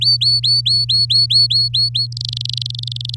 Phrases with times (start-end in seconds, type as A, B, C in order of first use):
0.01-2.07 A, 2.12-3.15 B